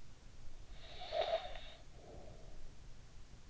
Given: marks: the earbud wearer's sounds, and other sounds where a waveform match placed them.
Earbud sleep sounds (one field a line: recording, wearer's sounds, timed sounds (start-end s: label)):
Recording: sounds in sleep by an in-ear microphone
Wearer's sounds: snoring breath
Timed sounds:
0.37-3.50 s: snoring breath